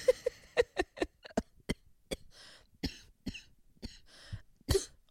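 A run of about a dozen short, harsh coughs from an adult man, with breathy gasps between them: a repetitive coughing fit the morning after a night of cigar smoking at a cigar bar.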